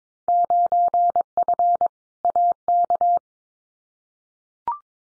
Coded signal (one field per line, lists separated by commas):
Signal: Morse code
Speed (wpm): 22 wpm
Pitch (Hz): 700 Hz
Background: none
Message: 9F AK